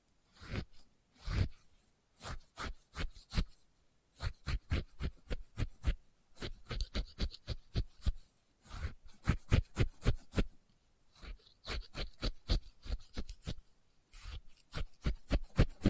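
Test tube triggers: quick bursts of crisp tapping and scratchy rasping, the clicks coming in rapid runs of a second or two. Short pauses separate the bursts, and the sounds stay bright and sharp throughout, with no other sounds behind them.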